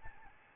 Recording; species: mosquito wingbeat signal from an infrared sensor; Aedes albopictus